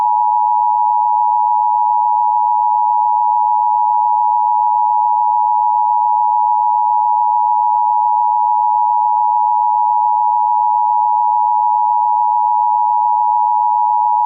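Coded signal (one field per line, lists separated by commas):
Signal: Emergency Alert System (SAME) tones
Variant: 853 and 960 Hz attention tone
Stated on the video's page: Fake EAS terrorism alert, not a real one.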